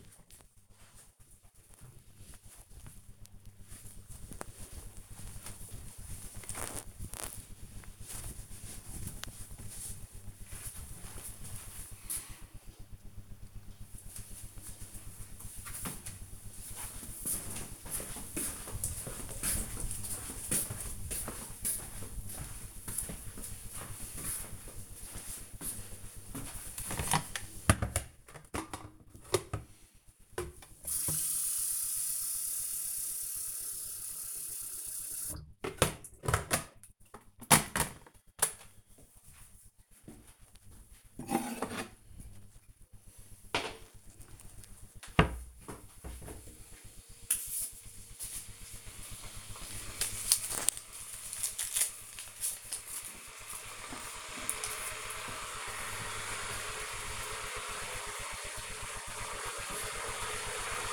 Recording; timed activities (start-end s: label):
household activities, microphone on the right wrist
25.61-60.93 s: making tea